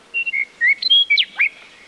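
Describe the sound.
Lark song, a quick jumble of clear whistled notes, some flat and some sharply rising or falling, delivered in a burst lasting just over a second.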